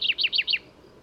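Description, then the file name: Common chaffinch song fragment: four quick, bright downslurred notes in just over half a second, then quiet. "Fringilla coelebs"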